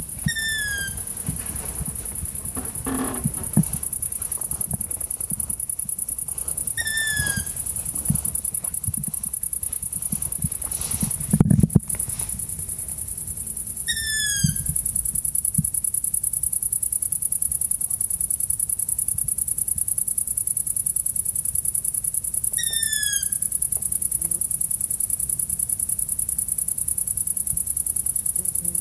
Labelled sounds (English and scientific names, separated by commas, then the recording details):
Long-eared Owl (Asio otus) call
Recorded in the wild
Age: juvenile
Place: Flemmingen, Thuringia, DE
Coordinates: 50.9338, 12.615
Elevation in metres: 256
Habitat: orchard meadow
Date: 2024-07-26 22:34
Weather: 20°C, no wind
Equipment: Sound Devices MixPre6, Sennheiser MKH8060
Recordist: Frommolt, Karl-Heinz